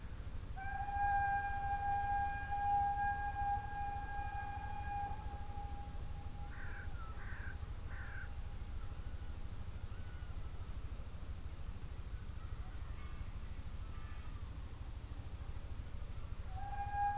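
Country sounds carried on a steady low rumble that runs the whole time. A long, even siren-like whine holds from the start to about eleven seconds and comes back at the very end, while three short warbling chirps break in around seven to eight seconds.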